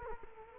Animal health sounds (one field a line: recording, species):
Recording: mosquito wingbeat signal from an infrared sensor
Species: Culex quinquefasciatus